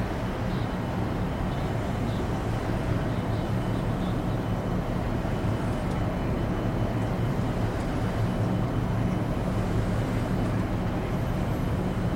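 Inside a shuttle cabin, a steady low rumble and hum fill the space without letup, with a dense wash of road or engine noise. Faint, brief higher tones and scattered distant murmurs surface now and then, but the deep drone stays constant throughout.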